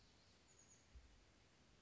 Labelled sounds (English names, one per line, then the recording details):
Chestnut-backed Chickadee
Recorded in Sonoma County, California